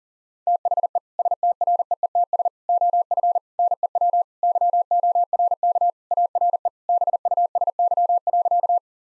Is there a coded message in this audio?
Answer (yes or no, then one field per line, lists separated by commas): yes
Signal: Morse code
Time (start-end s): 0.5-8.8 s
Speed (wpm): 40 wpm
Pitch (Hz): 700 Hz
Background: none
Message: THE STREETS OF NEW YORK ARE BUSY.